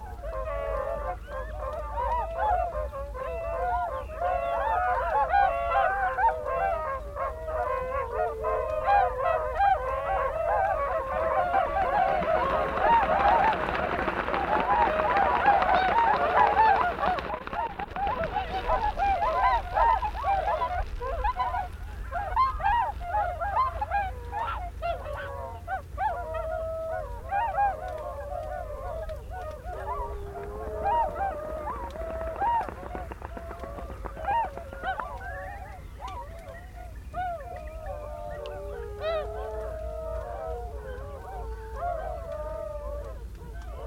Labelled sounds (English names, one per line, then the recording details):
Tundra Swan call
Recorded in the wild
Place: Schwerin, Lewitz, Mecklenburg-Vorpommern, DE
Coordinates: 53.636, 11.401
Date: 1975-03-15
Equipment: Nagra III BH, Sennheiser MD 21, parabola
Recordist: Schubert, Michael